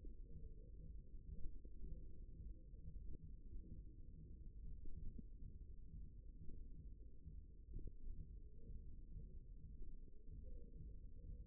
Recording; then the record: forearm muscle sounds (acoustic myography)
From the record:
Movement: hook grip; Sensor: system 1, eight BSWA MPA416 microphones around the upper forearm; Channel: 4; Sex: male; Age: 54 years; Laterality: right